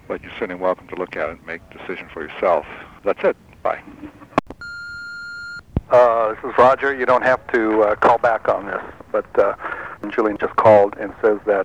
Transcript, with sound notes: But you’re certainly welcome to look at it and make the decision for yourself. That’s it, bye. [Phone beeps] This is Roger. You don’t have to call back on this, but Jillian just called and says that